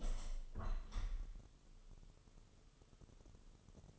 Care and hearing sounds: daily activity, microphone in the room; open window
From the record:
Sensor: 4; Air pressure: 1015.7 hPa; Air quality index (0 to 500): 83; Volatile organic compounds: 1 ppm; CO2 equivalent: 919 ppm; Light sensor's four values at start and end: 9/20/8/7 and 9/20/8/7

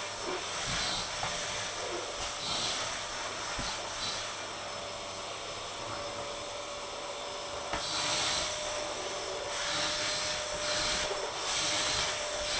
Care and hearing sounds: daily activity, microphone in the room; vacuum cleaning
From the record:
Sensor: 5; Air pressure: 1000.2 hPa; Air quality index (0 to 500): 118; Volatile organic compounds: 1 ppm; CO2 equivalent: 939 ppm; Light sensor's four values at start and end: 147/345/149/162 and 147/339/149/163

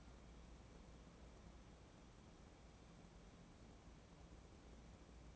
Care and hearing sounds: daily activity, microphone in the room; wipe stove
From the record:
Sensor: 1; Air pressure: 1012.5 hPa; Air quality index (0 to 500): 143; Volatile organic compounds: 2 ppm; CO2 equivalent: 1182 ppm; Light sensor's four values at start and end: 4373/8517/4296/4442 and 4351/8475/4274/4419

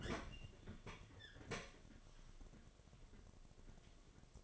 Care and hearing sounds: daily activity, microphone in the room; open fridge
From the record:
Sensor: 4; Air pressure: 1005.5 hPa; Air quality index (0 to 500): 174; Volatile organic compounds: 5 ppm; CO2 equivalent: 1715 ppm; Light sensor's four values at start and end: 6/13/5/4 and 5/11/4/4

